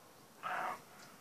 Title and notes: Donzenac, Corrèze, France - brame de chevreuil. Un jeune chevreuil, par son brame matinal, cherche à attirer dans le pré 4 chèvres qui hésitent à quitter le couvert